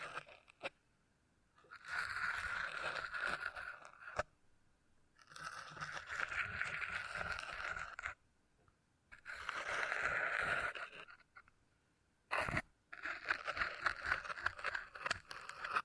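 Beeswax being handled in bursts of crackly, crunchy scraping, each lasting about two seconds, separated by short silences. The sound is dense and gritty, brightest in the upper middle, with a brief sharp crunch just after twelve seconds.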